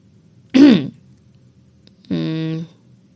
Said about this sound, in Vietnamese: Cô đằng hắng một tiếng khiến giọng mình hơi nháo, bắt chước giọng nói của bà tiên trong phim hoạt hình nước ngoài.